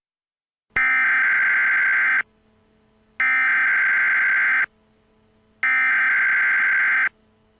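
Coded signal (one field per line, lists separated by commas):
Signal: Emergency Alert System (SAME) tones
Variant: header bursts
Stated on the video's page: Fictional EAS scenario, possibly containing valid EAS tones.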